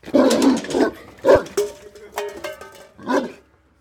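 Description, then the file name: Dog giving rough barks and growling yelps, then drawn-out whining tones and a final short bark. "Very Bad Dog"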